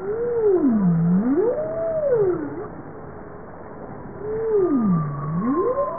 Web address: Bowhead